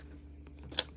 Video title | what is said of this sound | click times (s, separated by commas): FB Live May 2nd 2025- Comment Sold | You're going to take this unit and you're going to slide it in here and it will pop into place. | 0.8 s